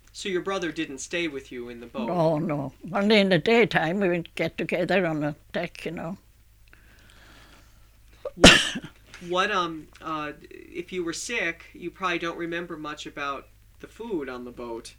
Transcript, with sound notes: So your brother didn't stay with you in the boat.
No, no. Only in the day time we would get together on the deck, you know. (she coughs)
What, if you were sick you probably don't remember much about the food on the boat.